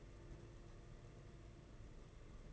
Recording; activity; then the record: daily activity, microphone in the room; take from stove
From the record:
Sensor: 4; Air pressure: 992.9 hPa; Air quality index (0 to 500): 175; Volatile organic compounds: 328 ppm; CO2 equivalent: 4539 ppm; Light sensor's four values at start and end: 4/10/4/4 and 4/10/4/4